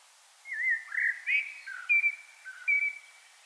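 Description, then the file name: Common blackbird song: a mellow, fluty whistled phrase of slurred, warbling notes that rise and fall, ending in a few sustained whistles. "Turdus merula"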